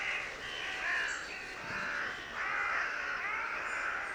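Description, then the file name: Carrion crow cawing: a few long, harsh, hoarse caws with short gaps between them. "Corvus corone"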